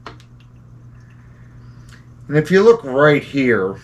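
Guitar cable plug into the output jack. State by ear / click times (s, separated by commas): not seated / none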